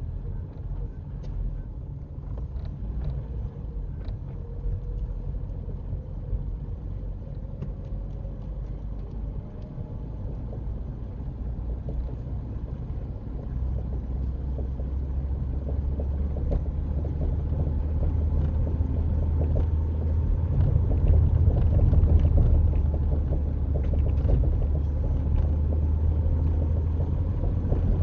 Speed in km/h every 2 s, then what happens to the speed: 13, 15, 16, 18, 21, 23, 23, 26, 27, 27, 26, 26, 27, 32.
0-16 speeds up to 27. 16-23 steady at about 26. 23-28 speeds up to 32.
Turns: none.